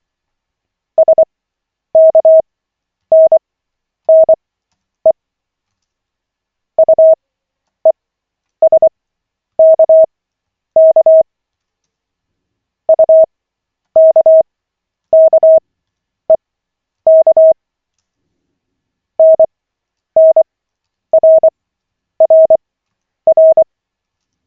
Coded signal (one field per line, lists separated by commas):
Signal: Morse code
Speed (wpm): 24 wpm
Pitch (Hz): 640 Hz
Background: none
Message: SKNNE UESKK UKKEK NNRRR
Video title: Koch 6/40, 27.12.2024, 1st CW practice session